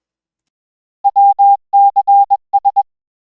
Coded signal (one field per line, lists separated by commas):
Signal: Morse code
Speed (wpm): 21 wpm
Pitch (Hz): 800 Hz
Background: none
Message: WCS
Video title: Sound and Back Again: A Tale of Photos and SSTV